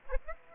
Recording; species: mosquito wingbeat signal from an infrared sensor; Aedes aegypti